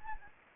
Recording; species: mosquito wingbeat signal from an infrared sensor; Anopheles gambiae